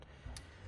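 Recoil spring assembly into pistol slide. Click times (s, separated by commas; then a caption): 0.4 s. A double recoil spring assembly for a Smith & Wesson Bodyguard 2.0 pistol is pressed into the front of the slide during reassembly. A faint tick is heard near the start, then a short, sharper click at 0.4 s as the assembly seats into the slide.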